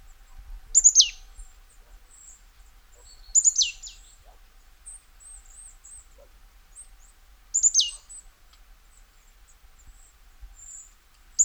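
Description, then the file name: Marsh tit calls: sharp, high, sneezing notes dropping steeply in pitch, given three times at irregular intervals, with faint high twitters from other birds between. "Poecile palustris"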